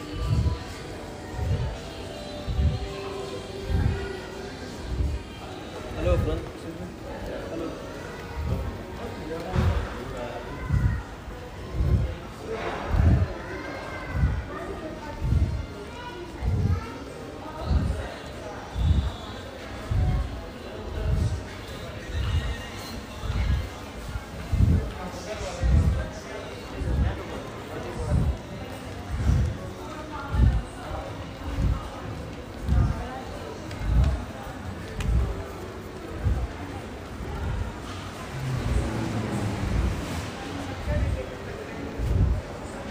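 Walking toward a shopping center: low, heavy footsteps thud at a steady pace, roughly one every second, throughout. Voices and chatter run beneath them, and a brief louder rush swells around the 38–40 second mark before the steps continue.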